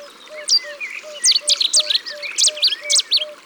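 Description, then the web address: Cetti's warbler song: loud, abrupt bursts of sharp notes, denser in the second half, over a steady series of low pulsed notes throughout. "Bouscarle de Cetti. abc de la nature"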